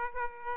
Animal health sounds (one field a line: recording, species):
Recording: mosquito wingbeat signal from an infrared sensor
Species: Aedes aegypti